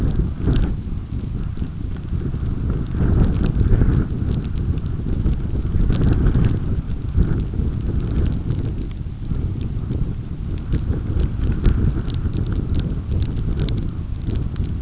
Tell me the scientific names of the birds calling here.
none